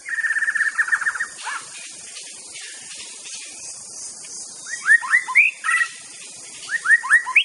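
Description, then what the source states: White-rumped shama song: a rattling trilled phrase, a pause, then series of clear rising whistled slurs in quick groups, with insects humming high throughout. Wild bird, natural song recorded in forest.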